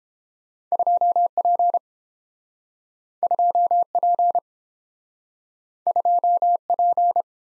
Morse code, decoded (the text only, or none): 2P 2P 2P